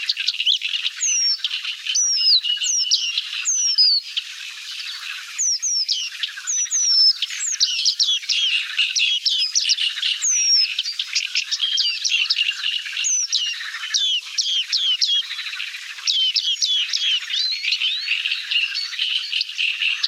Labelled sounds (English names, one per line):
Paddyfield Warbler song